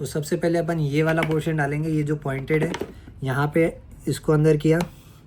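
Someone talks while the pointed tab of an Axor Apex helmet visor is pushed into the side pivot mount, with only faint handling sounds beneath the speech. Nothing has seated or clicked yet; the visor is not yet home when the clip ends.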